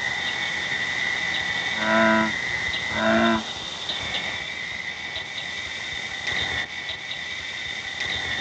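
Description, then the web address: True frog producing two short harmonic croaks a second apart, followed by steady insect buzzing alone. "frogs Family"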